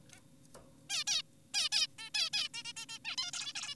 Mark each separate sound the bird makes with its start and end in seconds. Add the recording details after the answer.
0.12-0.20, 0.90-1.04, 1.07-1.22, 1.54-1.69, 1.72-1.87, 1.99-2.10, 2.14-2.30, 2.33-2.49, 2.54-2.63, 2.65-2.73, 2.77-2.86, 2.89-2.99, 3.05-3.16, 3.18-3.31, 3.34-3.53, 3.56-3.75. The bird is an adult. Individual g4p5U